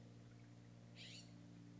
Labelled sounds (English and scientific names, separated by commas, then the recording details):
California Scrub-Jay (Aphelocoma californica)
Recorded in Sonoma County, California